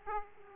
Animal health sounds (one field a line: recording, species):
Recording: mosquito wingbeat signal from an infrared sensor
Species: Aedes aegypti